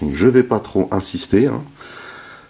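A plastic plug on a Valkyrie Factory KO 1/60 Arcadia VF-1S Roy Focker transformable mecha toy is handled at its locking socket while someone talks. Speech fills most of the clip, followed by quiet handling noise. The plug has not seated or clicked into the socket yet.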